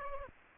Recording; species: mosquito wingbeat signal from an infrared sensor; Aedes aegypti